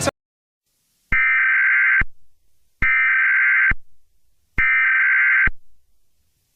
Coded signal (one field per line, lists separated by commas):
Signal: Emergency Alert System (SAME) tones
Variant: header bursts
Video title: Eas scenario 4: I-ready characters attack